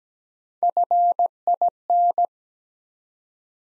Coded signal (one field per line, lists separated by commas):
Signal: Morse code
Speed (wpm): 17 wpm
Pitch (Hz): 700 Hz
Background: none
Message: FIN